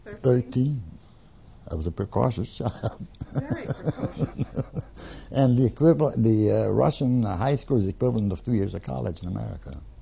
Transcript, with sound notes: Thirteen. I was a precocious child. (He laughs.)
Very precocious.
And the equivalent, the, uh, Russian high school is equivalent to two years of college in America.